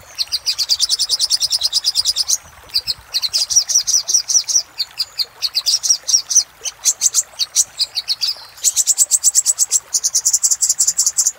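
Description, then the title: Little spiderhunter song, extended rapid high trills of repeated chips, separated by brief pauses, one late run slightly higher pitched. Used for training cage birds. "Masteran Burung Sogok Ontong Labaik"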